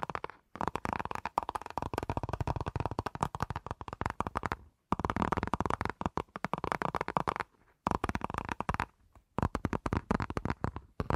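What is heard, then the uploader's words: Fast tapping in rapid bursts, each made of dense, quick strikes that blur into a rattling, papery texture. The runs last a few seconds and stop briefly near one, five, seven and a half, and nine seconds before starting again. ASMR 1 Hour Fast Tapping for Sleep (No Talking).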